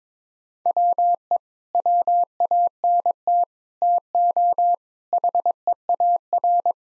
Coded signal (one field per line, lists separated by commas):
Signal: Morse code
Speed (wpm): 22 wpm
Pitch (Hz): 700 Hz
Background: none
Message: WE WANT TO HEAR